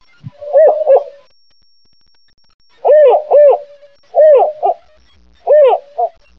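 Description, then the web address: Spotted owl hooting: a group of hoots at the start, then after a pause three more groups of hoots with quiet between. Northwest California. "nwcal SPOW"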